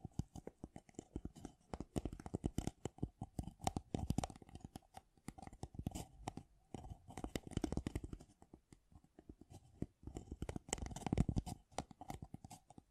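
Tapping sounds in quick, irregular bursts of sharp taps, some soft and some louder, packed densely with brief pauses between clusters. The taps carry a dry, scratchy, slightly crunchy edge and a faint steady tone sits underneath throughout.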